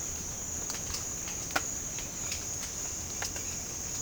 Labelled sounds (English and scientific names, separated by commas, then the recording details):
none
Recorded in pastures near Puerto Asís, Putumayo, Colombia, on 25 June 2025 at 14:30
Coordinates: 0.496, -76.326
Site GP01